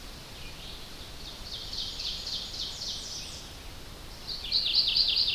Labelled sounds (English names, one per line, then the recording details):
Ovenbird song
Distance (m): 70 m
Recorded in boreal forest in Alberta, Canada, on 10 June 2016 at 07:32
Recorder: SongMeter 3, array SBT-3-39
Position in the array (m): 176 m, 168 m
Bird 17